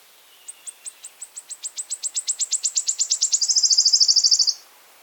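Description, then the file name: Wood warbler song: thin, high ticking notes that speed up and grow louder over about three seconds, then merge into a fast, shivering trill that stops abruptly. "Golosa ptic i zverei - Penochka-treshetka"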